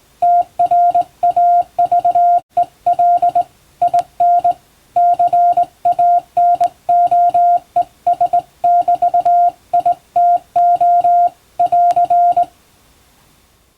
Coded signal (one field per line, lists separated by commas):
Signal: Morse code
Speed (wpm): 20 wpm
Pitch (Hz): 700 Hz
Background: music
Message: TRAVEL IN CANOES<BT>ITO <AR>